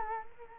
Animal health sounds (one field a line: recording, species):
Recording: mosquito wingbeat signal from an infrared sensor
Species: Culex quinquefasciatus